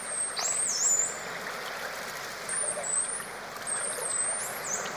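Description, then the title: Dolphin whistles, high clear tones that dip and wave, repeated in several phrases over a soft background hiss. Underwater dolphins communicating with each other. "Dolphin Sounds Deep Underwater"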